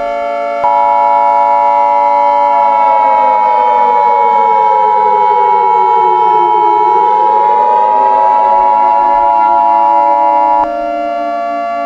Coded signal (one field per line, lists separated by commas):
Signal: Emergency Alert System (SAME) tones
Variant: 853 and 960 Hz attention tone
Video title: EAS Scenario #3: Angry Munci